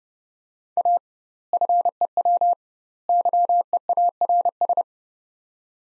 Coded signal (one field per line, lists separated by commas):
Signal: Morse code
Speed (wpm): 32 wpm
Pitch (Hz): 700 Hz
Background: none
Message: A FEW YEARS